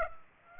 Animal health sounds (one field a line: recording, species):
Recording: mosquito wingbeat signal from an infrared sensor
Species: Aedes aegypti